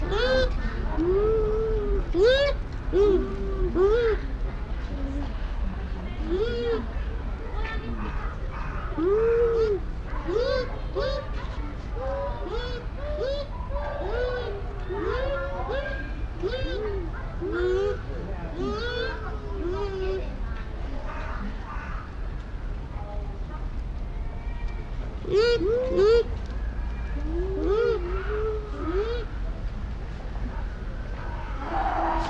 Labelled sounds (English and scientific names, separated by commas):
Bush Dog (Speothos venaticus)